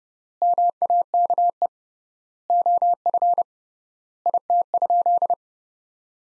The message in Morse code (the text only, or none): MAKE OF IT?